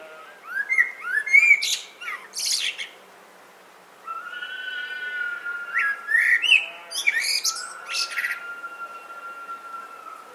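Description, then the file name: Common blackbird singing several phrases: mellow fluted notes with scratchy high flourishes, a pause of about a second, then more warbling with long thin whistles behind. "Turdus merula"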